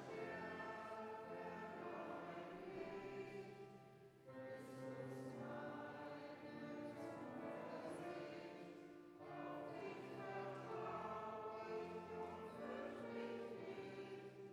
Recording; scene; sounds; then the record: everyday scene through a hearing-aid microphone; reverberant space; music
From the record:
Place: church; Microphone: behind the ear, left, rear